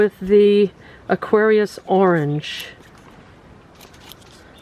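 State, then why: Released. Someone talks, then pushes an Aquarius Orange colour pan out of its retail packaging. A short, sharp hit is heard at 4.1 seconds as the pan pops free, and it is released.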